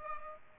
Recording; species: mosquito wingbeat signal from an infrared sensor; Culex pipiens